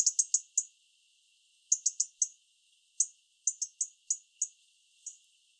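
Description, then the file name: European robin giving sharp, dry tick calls singly or in quick bursts of up to four, with short pauses between clusters; no other sounds. "Erithacus rubecula"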